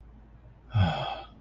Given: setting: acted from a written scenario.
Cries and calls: vocal sound without words; serenity

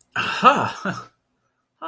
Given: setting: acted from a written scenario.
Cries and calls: vocal sound without words; relief

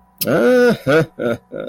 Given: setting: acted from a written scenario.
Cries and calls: vocal sound without words; pride

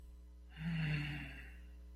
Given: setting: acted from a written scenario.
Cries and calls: vocal sound without words; romantic love

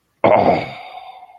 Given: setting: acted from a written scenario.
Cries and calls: vocal sound without words; romantic love

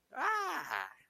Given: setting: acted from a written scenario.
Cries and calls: vocal sound without words; elation

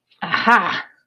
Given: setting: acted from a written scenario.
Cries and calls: vocal sound without words; triumph

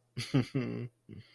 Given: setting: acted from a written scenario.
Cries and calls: vocal sound without words; pride

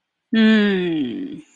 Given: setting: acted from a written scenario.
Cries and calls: vocal sound without words; embarrassment

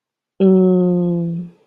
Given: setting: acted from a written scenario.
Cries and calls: vocal sound without words; confusion

